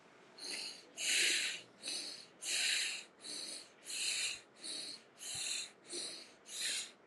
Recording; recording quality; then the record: shallow breathing; excellent, no background noise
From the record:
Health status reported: respiratory illness, not identified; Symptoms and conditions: asthma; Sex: male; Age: 23 years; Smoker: not ticked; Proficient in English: yes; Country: India